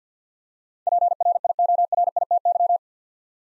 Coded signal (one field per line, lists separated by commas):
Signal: Morse code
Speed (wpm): 50 wpm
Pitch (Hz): 700 Hz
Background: none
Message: PRIORITY